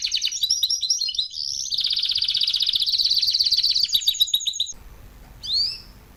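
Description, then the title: Canary singing a rapid string of bright chirped notes and a fast, pulsing trill, ending with one sharp upward-sweeping call. Male Belgian canary singing a lot; training recording meant to warm up young birds within 30 minutes. "Canary Training 17 Esquente Seu Filhote E Canario Belga Em 30 Minutos Macho Cantando Muito"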